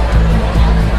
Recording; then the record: background sound without coughing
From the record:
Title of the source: Party Noise 1 Hour Party Ambience